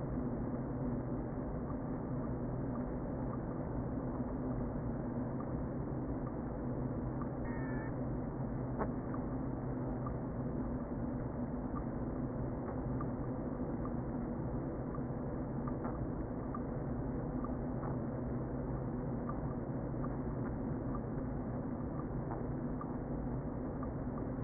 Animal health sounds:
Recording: honeybee colony, microphone inside the hive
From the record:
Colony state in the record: queen present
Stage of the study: before two queens were removed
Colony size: about 60,000 bees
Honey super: yes

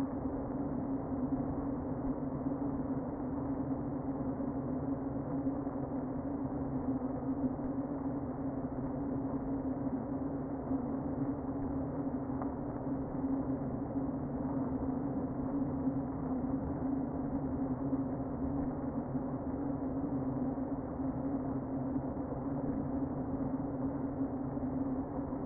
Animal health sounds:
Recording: honeybee colony, microphone inside the hive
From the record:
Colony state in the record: queen present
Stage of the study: before two queens were removed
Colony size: about 60,000 bees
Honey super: yes

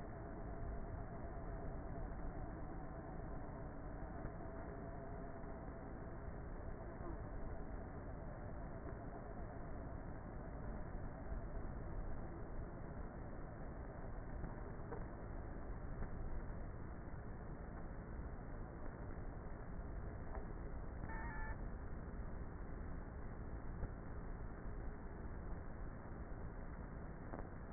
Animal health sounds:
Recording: honeybee colony, microphone inside the hive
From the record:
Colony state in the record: queenless with a low population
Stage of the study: before two queens were removed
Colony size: about 30,000 bees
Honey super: no

